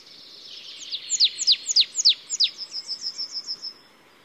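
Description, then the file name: Marsh tit calling: a series of sharp, high notes sweeping steeply downward in quick succession, then a quicker run of thinner, softer notes that fades out. "Poecile palustris"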